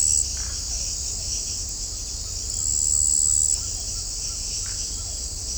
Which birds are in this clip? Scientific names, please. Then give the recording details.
none. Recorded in shrubland near Pivijay, Magdalena, Colombia, on 3 June 2023 at 02:30. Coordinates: 10.453, -74.365. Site P5-G022